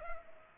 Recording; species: mosquito wingbeat signal from an infrared sensor; Culex pipiens